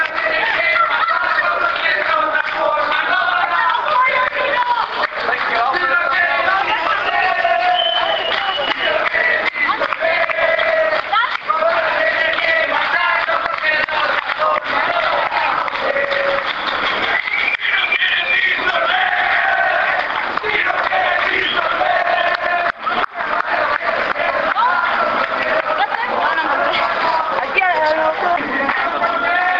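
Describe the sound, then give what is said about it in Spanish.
Protesting university students shout and chant together, 'luchamos todos juntos hasta el fin', a dense, loud wall of overlapping raised voices that carries on without a break for the whole half minute. “ya saben que esto es un juego del gato y el ratón que se puede mantener por horas. Ahí del fondo se escuchan.”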